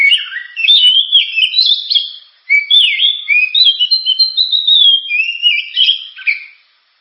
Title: Kacer Gacor Suara Tajam. Kacer Gacor Suara Super Kenceng Cocok untuk Pancingan